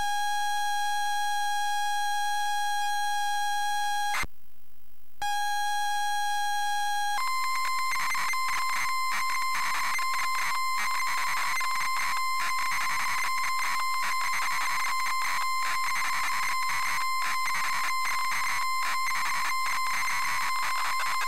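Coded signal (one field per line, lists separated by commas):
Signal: ZX Spectrum tape loading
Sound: steady buzzy lead tone, short silence, another lead tone, then harsh rasping data screech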